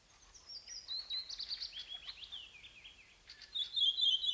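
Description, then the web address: Nightingale song: varied high warbled phrases with rapid trills and sweeping whistles, louder bursts near the end. Song of a wild-caught nightingale. "spiew slowika z polowu"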